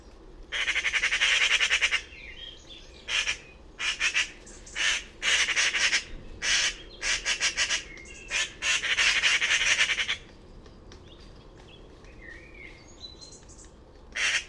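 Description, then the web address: Bird with a run of coarse, rattling squawks, many short bursts packed together for several seconds, followed by a quieter stretch with faint chirps and one final burst. "cianscape birddata Deverinetal 2025"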